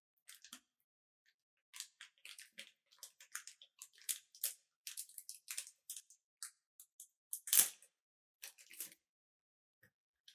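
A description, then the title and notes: Soft crinkles, clicks and rustles of a package being opened, in irregular bursts with brief pauses and one louder tear near eight seconds. Los sonidos suaves y tranquilos de cada paquete siendo abierto. ASMR Unboxing.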